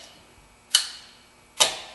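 A spring-loaded, torque-limiting valve core tool is turned in to tighten the valve core in a TPMS sensor valve stem. It gives two sharp, bright clicks at 0.8 s and 1.6 s, each fading quickly against a quiet background. The tool has reached its torque setting, and the core is tight enough.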